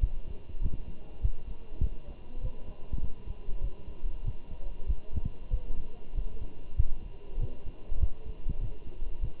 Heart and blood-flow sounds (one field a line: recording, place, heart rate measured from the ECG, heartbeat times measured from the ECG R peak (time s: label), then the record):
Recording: heart sounds by stethoscope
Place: between the tricuspid and mitral areas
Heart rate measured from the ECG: 98 bpm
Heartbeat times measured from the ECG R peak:
0.01 s: heartbeat
0.62 s: heartbeat
1.22 s: heartbeat
1.82 s: heartbeat
2.42 s: heartbeat
3.02 s: heartbeat
3.62 s: heartbeat
4.25 s: heartbeat
4.88 s: heartbeat
5.51 s: heartbeat
6.15 s: heartbeat
6.77 s: heartbeat
7.40 s: heartbeat
8.00 s: heartbeat
8.61 s: heartbeat
9.21 s: heartbeat
From the record:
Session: walking at 3.7 km/h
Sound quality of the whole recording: good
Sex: male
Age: 23 years